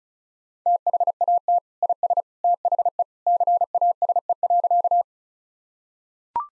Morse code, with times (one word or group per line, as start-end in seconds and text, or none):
0.7-1.6 THAT
1.8-2.2 IS
2.4-3.0 THE
3.3-5.0 CASE.